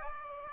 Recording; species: mosquito wingbeat signal from an infrared sensor; Aedes aegypti